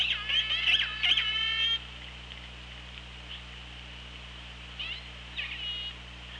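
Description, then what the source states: Orca pulsed calls: loud harmonic squeals in the first two seconds, later two faint short calls, with steady underwater hiss throughout. OrcaLab hydrophone, underwater, 24 August 2017, 15:41:23.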